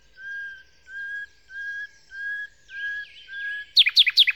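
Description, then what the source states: Common nightingale song: a series of pure, drawn-out whistles on one pitch, each about half a second long, broken off by a fast burst of loud, harsh descending notes. Song, Kent, 2008; recordist Phil Riddett.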